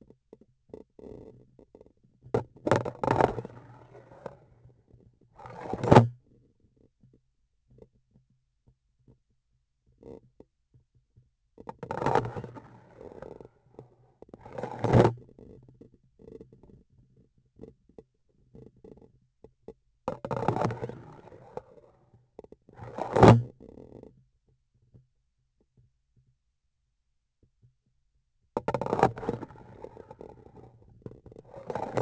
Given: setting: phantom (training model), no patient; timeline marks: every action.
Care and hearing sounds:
laparoscopic instrument, vibration sensor on the handle end; grasping forceps
2.30-4.43 s: insertion through the trocar
5.33-6.19 s: removal through the trocar
11.55-13.56 s: insertion through the trocar
14.32-15.16 s: removal through the trocar
20.04-21.75 s: insertion through the trocar
22.65-23.52 s: removal through the trocar
28.52-30.17 s: insertion through the trocar
31.50-32.02 s: removal through the trocar
From the record:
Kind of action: spatial motion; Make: other than Olympus

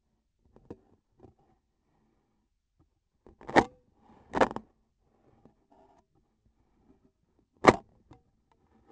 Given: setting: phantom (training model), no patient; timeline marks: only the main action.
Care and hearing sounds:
laparoscopic instrument, vibration sensor on the handle end; scissors
7.58-7.86 s: cutting PTFE tape
From the record:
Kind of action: gesture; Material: PTFE tape

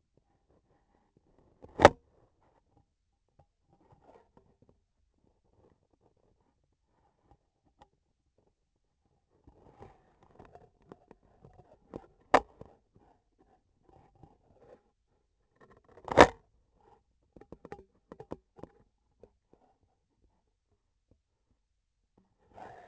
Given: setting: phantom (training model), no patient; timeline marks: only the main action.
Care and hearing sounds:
laparoscopic instrument, vibration sensor on the handle end; scissors
1.55-2.08 s: cutting thread
15.94-16.52 s: cutting thread
From the record:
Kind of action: gesture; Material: cotton thread

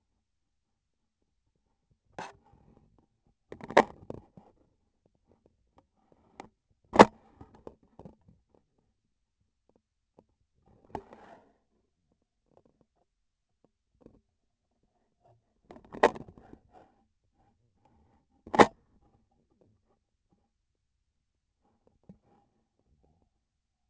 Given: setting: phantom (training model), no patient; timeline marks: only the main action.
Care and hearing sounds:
laparoscopic instrument, vibration sensor on the handle end; scissors
6.86-7.18 s: cutting PTFE tape
18.37-18.81 s: cutting PTFE tape
From the record:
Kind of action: gesture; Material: PTFE tape

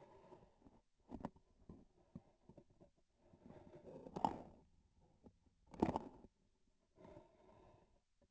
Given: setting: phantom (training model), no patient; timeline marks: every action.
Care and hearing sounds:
laparoscopic instrument, vibration sensor on the handle end; grasping forceps
3.81-4.67 s: grasping tissue
5.62-6.36 s: releasing tissue
From the record:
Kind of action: gesture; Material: synthetic tissue

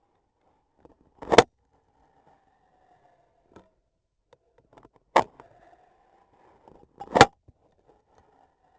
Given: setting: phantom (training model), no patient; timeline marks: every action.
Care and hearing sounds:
laparoscopic instrument, vibration sensor on the handle end; scissors
1.10-1.54 s: cutting foam
5.06-5.50 s: scissors opening
6.88-7.41 s: cutting foam
From the record:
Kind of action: gesture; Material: foam

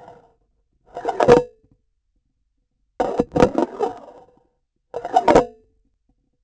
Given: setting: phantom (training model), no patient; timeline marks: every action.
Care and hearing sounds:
laparoscopic instrument, vibration sensor on the handle end; grasping forceps
2.95-4.63 s: insertion through the trocar
4.88-6.03 s: removal through the trocar
From the record:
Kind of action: spatial motion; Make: Olympus

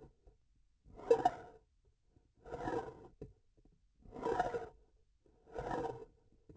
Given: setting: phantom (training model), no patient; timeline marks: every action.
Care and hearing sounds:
laparoscopic instrument, vibration sensor on the handle end; grasping forceps
0.82-1.65 s: retracting movement
2.36-3.11 s: approaching movement
4.01-4.73 s: retracting movement
5.44-6.13 s: approaching movement
From the record:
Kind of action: spatial motion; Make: Olympus

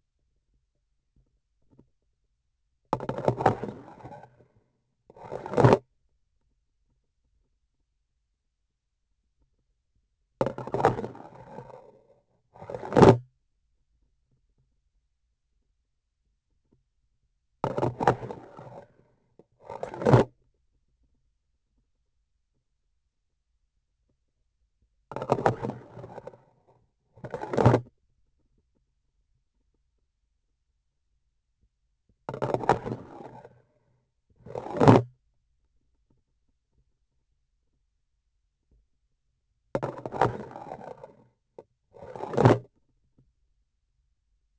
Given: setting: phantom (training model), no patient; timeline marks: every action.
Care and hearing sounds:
laparoscopic instrument, vibration sensor on the handle end; grasping forceps
2.87-4.29 s: insertion through the trocar
5.03-5.86 s: removal through the trocar
10.37-11.84 s: insertion through the trocar
12.52-13.36 s: removal through the trocar
17.59-18.86 s: insertion through the trocar
19.53-20.36 s: removal through the trocar
25.08-26.39 s: insertion through the trocar
26.98-27.91 s: removal through the trocar
32.23-33.47 s: insertion through the trocar
34.23-35.21 s: removal through the trocar
39.73-41.38 s: insertion through the trocar
41.86-42.70 s: removal through the trocar
From the record:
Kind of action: spatial motion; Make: other than Olympus

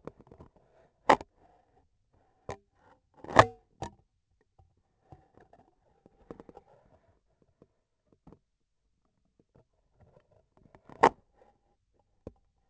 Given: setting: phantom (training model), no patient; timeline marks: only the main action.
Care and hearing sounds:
laparoscopic instrument, vibration sensor on the handle end; scissors
3.04-3.75 s: cutting thread
From the record:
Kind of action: gesture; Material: cotton thread

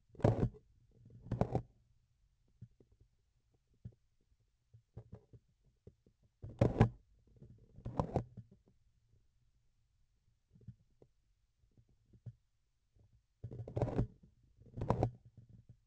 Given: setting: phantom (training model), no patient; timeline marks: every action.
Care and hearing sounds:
laparoscopic instrument, vibration sensor on the handle end; grasping forceps
0.03-0.72 s: forceps opening
0.89-1.98 s: forceps closing
6.34-7.09 s: forceps opening
7.25-8.75 s: forceps closing
13.37-14.22 s: forceps opening
14.55-15.33 s: forceps closing
From the record:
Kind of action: tool actuation without material contact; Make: other than Olympus

